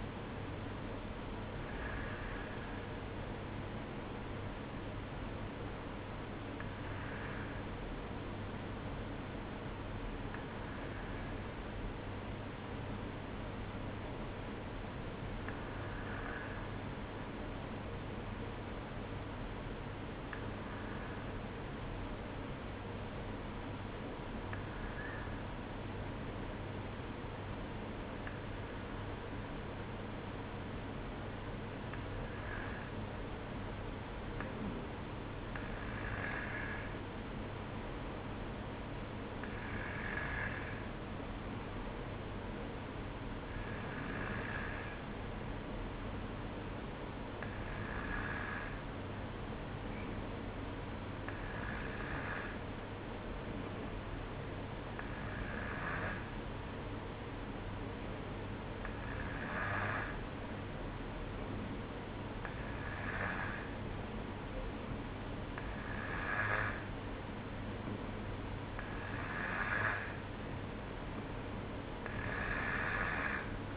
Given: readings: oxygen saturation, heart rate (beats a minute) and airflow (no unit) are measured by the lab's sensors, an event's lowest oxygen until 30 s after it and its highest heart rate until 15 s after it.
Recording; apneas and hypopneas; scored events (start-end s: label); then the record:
breathing in sleep by a voice recorder at the bedside; 1
19.00-35.20 s: obstructive apnea (N1, oxygen 94% highest, then 93% lowest, heart rate 53 at the start, 57 highest)
From the record:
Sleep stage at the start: N1 (lightest sleep); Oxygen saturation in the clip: 92 to 95%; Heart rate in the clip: 53 to 58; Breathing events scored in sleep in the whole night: 305 in 9.6 hours asleep